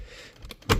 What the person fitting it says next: You should hear it click.